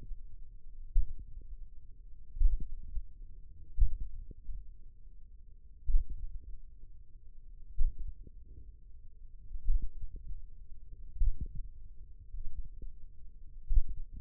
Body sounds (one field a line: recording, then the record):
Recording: forearm muscle sounds (acoustic myography)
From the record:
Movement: finger pinch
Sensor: system 1, eight BSWA MPA416 microphones around the upper forearm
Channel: 3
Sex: female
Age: 21 years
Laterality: right